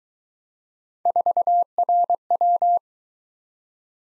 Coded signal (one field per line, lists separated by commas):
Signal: Morse code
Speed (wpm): 21 wpm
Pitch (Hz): 700 Hz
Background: none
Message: 4RW